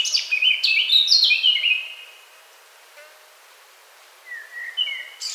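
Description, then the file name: Eurasian blackcap warbling phrase ending in descending fluty whistles, followed by a quiet gap and a few soft rising notes at the end. "Sylvia atricapilla"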